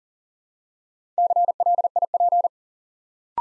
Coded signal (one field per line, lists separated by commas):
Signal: Morse code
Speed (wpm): 38 wpm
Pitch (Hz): 700 Hz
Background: none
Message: CLIP